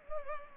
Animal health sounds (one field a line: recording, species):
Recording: mosquito wingbeat signal from an infrared sensor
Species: Anopheles gambiae